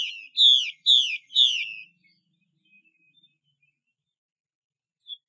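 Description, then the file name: Chinese hwamei giving three quick, loud falling whistles, then near silence broken by a few faint notes and one short whistle. "Tieng chim hoa mi mai xuy"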